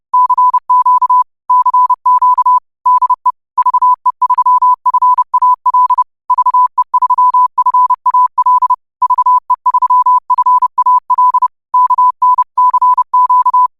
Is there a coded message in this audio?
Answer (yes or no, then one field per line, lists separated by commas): yes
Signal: Morse code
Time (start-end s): 0.1-13.7 s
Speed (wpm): 30 wpm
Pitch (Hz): 1000 Hz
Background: none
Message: CQ CQ DE VE3FAL VE3FAL VE3FAL KN CQ